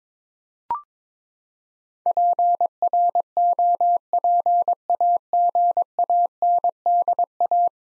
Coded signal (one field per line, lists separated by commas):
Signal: Morse code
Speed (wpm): 22 wpm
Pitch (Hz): 700 Hz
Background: none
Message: PROPAGANDA